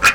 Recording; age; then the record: pig call; piglet (1 to 25 days)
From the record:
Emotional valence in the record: positive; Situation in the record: after nursing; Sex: female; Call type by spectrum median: low-frequency call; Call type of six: high-frequency stable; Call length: 0.15 s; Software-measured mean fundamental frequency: 274 Hz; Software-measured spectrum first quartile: 1459 Hz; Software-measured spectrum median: 2196 Hz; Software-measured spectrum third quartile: 3111 Hz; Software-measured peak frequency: 2481 Hz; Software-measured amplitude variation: 175 dB a second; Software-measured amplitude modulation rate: 3.4 a second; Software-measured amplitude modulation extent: 51.1 dB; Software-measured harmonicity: 2.7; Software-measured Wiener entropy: -1.48